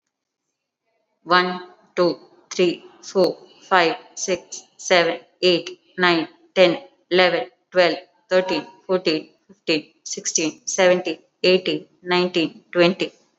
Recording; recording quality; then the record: counting at a normal pace; excellent, no background noise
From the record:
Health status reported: exposed to COVID-19, no respiratory illness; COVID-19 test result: negative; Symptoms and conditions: none ticked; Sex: female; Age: 29 years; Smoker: not ticked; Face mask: worn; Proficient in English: yes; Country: India